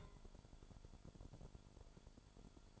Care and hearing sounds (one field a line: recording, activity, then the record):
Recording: daily activity, microphone in the room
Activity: take from stove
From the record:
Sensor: 5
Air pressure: 1008.2 hPa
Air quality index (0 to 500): 113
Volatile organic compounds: 1 ppm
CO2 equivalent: 875 ppm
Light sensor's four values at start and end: 30/63/28/29 and 31/63/28/29